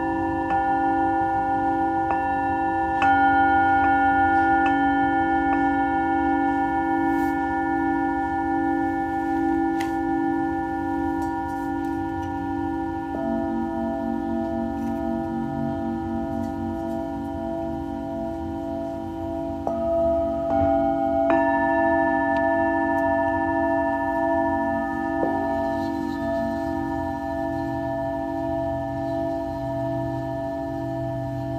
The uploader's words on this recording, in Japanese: メキシコから シンギングボウルのサウンドヒーリング ライブ。